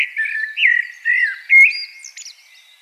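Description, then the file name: Common blackbird pouring out a continuous run of mellow, looping whistles that rise and fall, finishing with thin, high squeaky notes. "Turdus merula"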